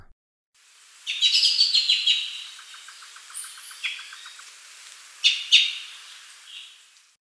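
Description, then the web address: Glossy-black thrush giving a quick run of sharp, high chattering notes, followed by a soft ticking series, isolated chips and a loud double note near the end. Recorded in Ecuador. "Birds of Ecuador. Glossy-black Thrush"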